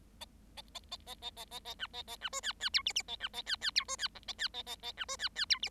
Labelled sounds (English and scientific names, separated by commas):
Bengalese Finch (Lonchura striata domestica) song